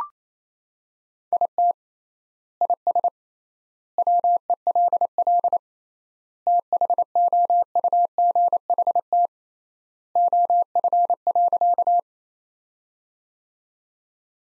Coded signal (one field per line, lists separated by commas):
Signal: Morse code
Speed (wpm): 28 wpm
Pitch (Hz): 700 Hz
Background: none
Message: IT IS WELL THOUGHT OF.